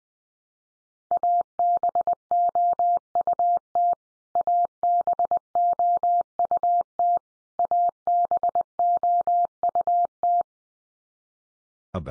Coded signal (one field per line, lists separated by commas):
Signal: Morse code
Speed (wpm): 20 wpm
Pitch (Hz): 700 Hz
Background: none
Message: ABOUT ABOUT ABOUT